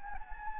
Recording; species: mosquito wingbeat signal from an infrared sensor; Anopheles gambiae